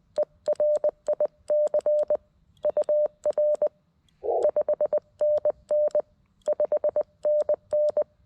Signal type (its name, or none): Morse code